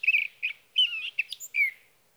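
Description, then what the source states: Sage thrasher singing a rapid run of warbled, slurred phrases with short gaps, the notes jumping and sliding between high pitches. Male singing through the night near his night roost, Sierra Valley, California, evening of June 12 to morning of June 15, 2018; recorded with a Swift recorder.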